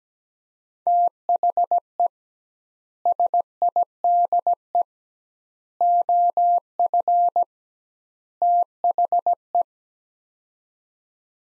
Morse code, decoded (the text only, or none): THE SIDE OF THE